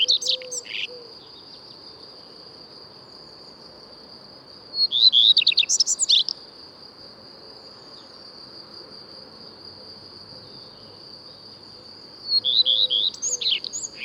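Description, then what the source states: Common redstart song: three short bursts of high, quick twittering phrases separated by long gaps, over a steady, unbroken high insect-like whine. Returns in April; sings from conspicuous, fairly high perches on trees or roofs; breeds in forest.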